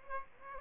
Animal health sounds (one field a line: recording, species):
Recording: mosquito wingbeat signal from an infrared sensor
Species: Aedes aegypti